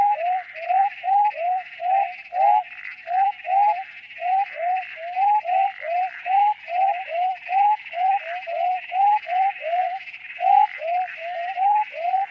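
Frogs calling with many short, quickly repeated notes over a constant higher buzzing chorus.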